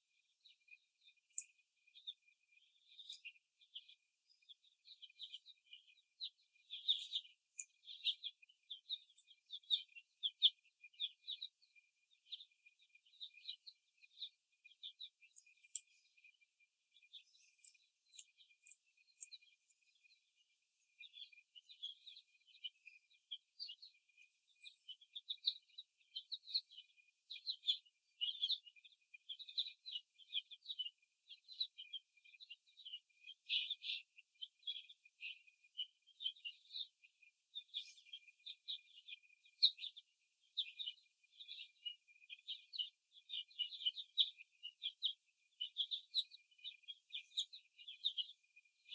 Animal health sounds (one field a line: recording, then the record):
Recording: young laying hens in a cage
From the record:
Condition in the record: before the stressor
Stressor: simulated dog barking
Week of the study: 1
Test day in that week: 2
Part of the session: 2